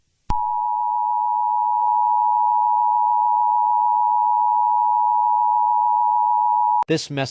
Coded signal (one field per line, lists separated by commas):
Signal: Emergency Alert System (SAME) tones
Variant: 853 and 960 Hz attention tone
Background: speech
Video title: The Anime Girls Strike Back - A sequel EAS scenario